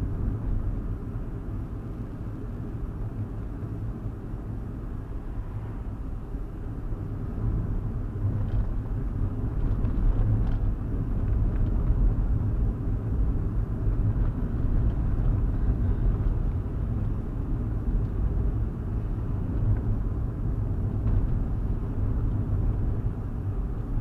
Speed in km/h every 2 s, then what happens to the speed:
44, 44, 44, 44, 44, 44, 45, 44, 44, 44, 44, 42.
0-24 steady at about 44.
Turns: none.